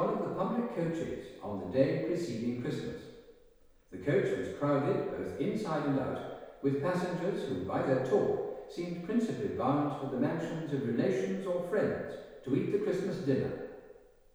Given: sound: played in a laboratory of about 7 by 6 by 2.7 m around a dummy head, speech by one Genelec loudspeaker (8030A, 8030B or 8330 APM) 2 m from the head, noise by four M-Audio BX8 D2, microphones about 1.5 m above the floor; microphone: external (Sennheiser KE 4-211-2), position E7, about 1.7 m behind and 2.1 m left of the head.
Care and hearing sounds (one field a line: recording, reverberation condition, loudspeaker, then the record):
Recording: male speech in English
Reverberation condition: high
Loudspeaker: 150 degrees to the right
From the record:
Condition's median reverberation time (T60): about 1300 ms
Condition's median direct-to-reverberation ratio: about -4.0 dB